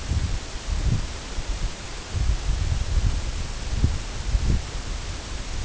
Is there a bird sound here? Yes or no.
no